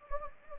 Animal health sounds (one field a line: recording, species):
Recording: mosquito wingbeat signal from an infrared sensor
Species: Anopheles gambiae